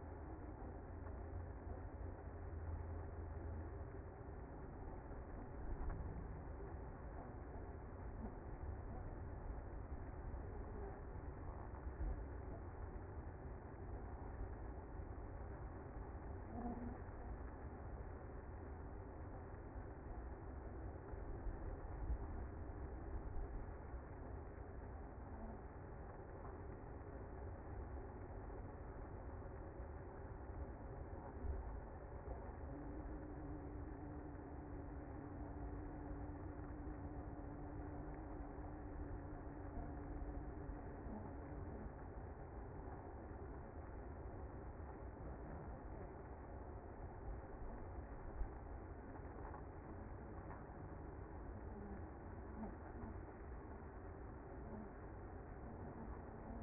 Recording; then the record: honeybee colony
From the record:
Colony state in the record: active